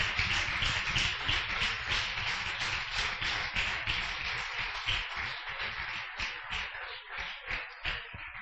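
A church audience applauds the scripture reading in a sustained burst of many overlapping hand claps, dense and steady for several seconds, thinning slightly toward the end. No one speaks.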